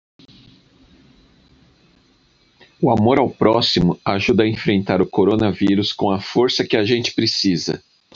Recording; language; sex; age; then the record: spoken sentence; Brazilian Portuguese; male; 50 to 59 years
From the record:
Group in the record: control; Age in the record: 50 years